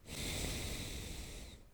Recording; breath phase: one breath near a microphone; exhalation